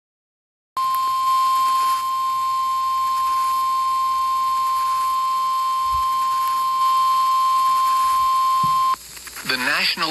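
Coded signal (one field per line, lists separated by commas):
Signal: Emergency Alert System (SAME) tones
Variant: 1050 Hz attention tone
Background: speech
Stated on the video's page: Severe thunderstorm warning SAME alert received from NOAA Weather Radio transmitter WXJ96.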